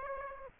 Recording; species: mosquito wingbeat signal from an infrared sensor; Aedes aegypti